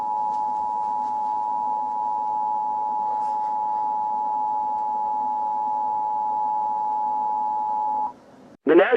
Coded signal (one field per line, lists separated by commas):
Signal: Emergency Alert System (SAME) tones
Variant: 853 and 960 Hz attention tone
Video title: EAS SCENARIO/ANALOG HORROR Carolina Reaper